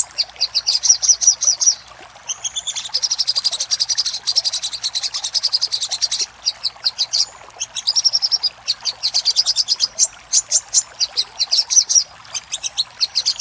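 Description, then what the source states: Little spiderhunter song: long runs of sharp, high chipping notes delivered rapidly, broken by short pauses, with denser buzzy trill bursts mixed in over faint background hiss. Master recording for training cage birds.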